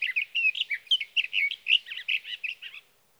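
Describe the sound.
Sage thrasher song, a fast jumbled run of warbled, slurred notes that then stops.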